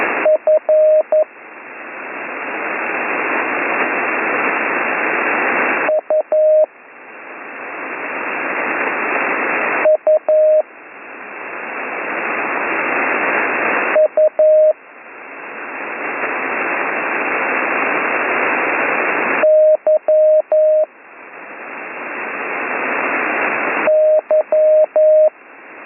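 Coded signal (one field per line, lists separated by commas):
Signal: Morse code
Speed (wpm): 11 wpm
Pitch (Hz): 620 Hz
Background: radio noise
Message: F U U U Y Y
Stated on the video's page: Slow Morse code course lesson, week 6.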